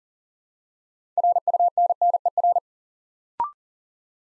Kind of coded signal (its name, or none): Morse code